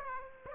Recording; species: mosquito wingbeat signal from an infrared sensor; Aedes aegypti